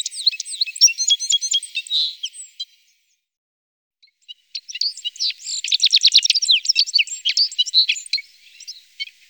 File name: citril finch